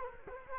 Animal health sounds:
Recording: mosquito wingbeat signal from an infrared sensor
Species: Culex quinquefasciatus

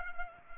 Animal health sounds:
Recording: mosquito wingbeat signal from an infrared sensor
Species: Culex pipiens

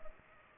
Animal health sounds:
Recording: mosquito wingbeat signal from an infrared sensor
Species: Culex pipiens

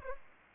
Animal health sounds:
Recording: mosquito wingbeat signal from an infrared sensor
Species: Aedes aegypti

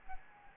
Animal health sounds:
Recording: mosquito wingbeat signal from an infrared sensor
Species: Anopheles gambiae

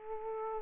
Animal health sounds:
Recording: mosquito wingbeat signal from an infrared sensor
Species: Aedes aegypti

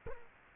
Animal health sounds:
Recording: mosquito wingbeat signal from an infrared sensor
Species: Culex quinquefasciatus

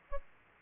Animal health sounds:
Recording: mosquito wingbeat signal from an infrared sensor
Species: Aedes albopictus

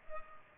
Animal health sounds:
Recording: mosquito wingbeat signal from an infrared sensor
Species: Culex pipiens

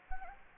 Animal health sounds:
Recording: mosquito wingbeat signal from an infrared sensor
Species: Anopheles gambiae

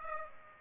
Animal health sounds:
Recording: mosquito wingbeat signal from an infrared sensor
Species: Aedes aegypti

